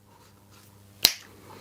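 A top cover is pulled off the chassis of a 30-year-old Team Associated RC10 and Tekin ACK-B01 RC buggy conversion after some struggle, releasing with a single sharp snap at 1.1 s. Before the snap there is only a quiet, steady low hum, which returns after the snap fades.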